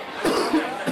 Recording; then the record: coughing mixed with background sound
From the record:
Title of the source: Coughing 77